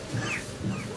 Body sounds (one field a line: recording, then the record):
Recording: coughing mixed with background sound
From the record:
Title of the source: Cough Around the Clock!